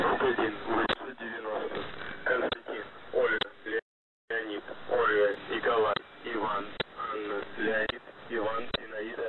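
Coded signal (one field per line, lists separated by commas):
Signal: coded military voice message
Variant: The Pip, Russian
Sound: a voice reading words and numbers over a narrow radio channel, with occasional sharp clicks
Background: radio static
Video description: "The Pip" is a Russian military station that broadcasts on 5448 kHz at daytime and 3756 kHz at nighttime.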